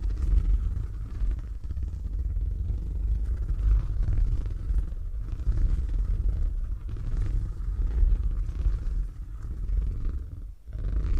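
Low, steady purring rumble fills the clip, dense and continuous with a soft fluttering texture, dipping briefly near the tenth second.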